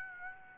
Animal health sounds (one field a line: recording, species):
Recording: mosquito wingbeat signal from an infrared sensor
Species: Aedes aegypti